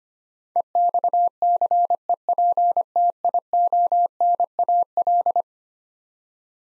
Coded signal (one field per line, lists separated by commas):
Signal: Morse code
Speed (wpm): 25 wpm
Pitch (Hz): 700 Hz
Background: none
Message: EXCEPTIONAL